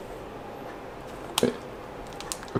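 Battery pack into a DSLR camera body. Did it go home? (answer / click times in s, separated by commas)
yes / 1.4 s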